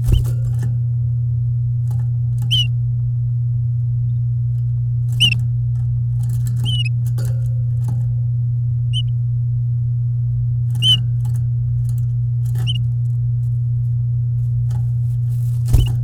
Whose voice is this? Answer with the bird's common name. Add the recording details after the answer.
Domestic Canary. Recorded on 9 May 2018 at 11:29. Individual llb16